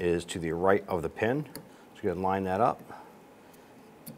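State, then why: Seated. Someone talks while a rear wiper blade for a 1995–2001 Ford Explorer is lined up with its hole to the right of the pin on the rear wiper arm and pushed down over the pin. A short, sharp tick at 4.1 s marks the blade snapping into place, seated on the arm pin.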